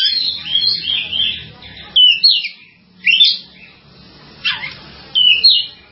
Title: kicau gelatik